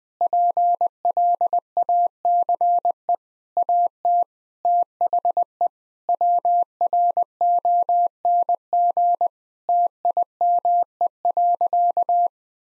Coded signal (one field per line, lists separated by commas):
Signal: Morse code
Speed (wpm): 21 wpm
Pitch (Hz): 700 Hz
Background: none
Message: PLACE AT THE WRONG TIME.